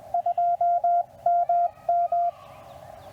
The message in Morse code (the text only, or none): 2MM